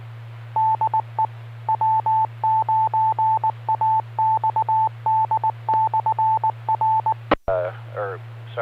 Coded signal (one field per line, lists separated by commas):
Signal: Morse code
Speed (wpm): 19 wpm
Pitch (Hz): 880 Hz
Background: speech, radio noise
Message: DE W9AXD/R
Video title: Friday Night Fun Net | Amateur Radio Worldwide Live Stream Radio | KD9MED